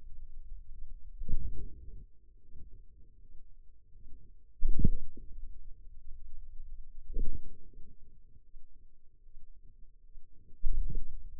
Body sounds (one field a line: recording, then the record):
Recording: forearm muscle sounds (acoustic myography)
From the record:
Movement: wrist flexion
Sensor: system 2, bracelet of six BSWA MPA416 microphones around the upper forearm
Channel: 1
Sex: female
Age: 23 years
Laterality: right